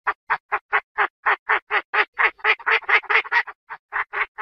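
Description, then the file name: Chinese francolin calling: a fast series of harsh, cackling notes, growing louder and denser midway, then slightly spaced toward the end. Female. "tieng chim da da mai"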